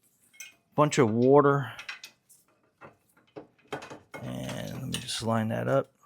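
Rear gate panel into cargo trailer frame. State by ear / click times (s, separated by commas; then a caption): not seated / none. Someone talks while lining up the rear gate panel of a matte black Trail-Monster mountain bike cargo trailer (275 lbs capacity) with its slot in the trailer frame, with brief knocks and handling clatter. The clip ends before the gate goes home, so nothing has seated or clicked yet.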